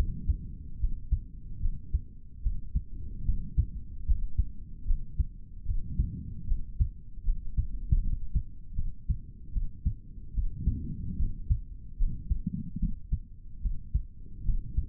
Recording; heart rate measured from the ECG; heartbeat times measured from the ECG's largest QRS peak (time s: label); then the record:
heart sounds by stethoscope; 75 bpm
0.79 s: heartbeat
1.60 s: heartbeat
2.42 s: heartbeat
3.24 s: heartbeat
4.05 s: heartbeat
4.85 s: heartbeat
5.65 s: heartbeat
6.46 s: heartbeat
7.23 s: heartbeat
8.00 s: heartbeat
8.75 s: heartbeat
9.51 s: heartbeat
10.33 s: heartbeat
11.16 s: heartbeat
11.97 s: heartbeat
12.78 s: heartbeat
13.61 s: heartbeat
14.44 s: heartbeat
From the record:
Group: healthy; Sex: male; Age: 55 years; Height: 167 cm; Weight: 57.2 kg